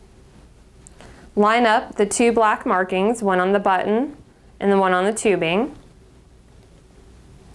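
A nurse lines up the black marking on a silicone feeding extension tube connector with the marking on a gastrostomy (G-tube) button port, before pushing it in and turning it clockwise to lock. Someone talks throughout, with a couple of faint brief ticks near 0.9 and 1.0 s. Nothing has seated or clicked yet.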